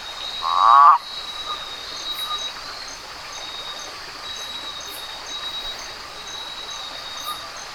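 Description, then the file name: Hose's toad giving one short buzzy croak near the start, followed by several seconds of a steady high hum and faint chirps. "Rentapia hosii"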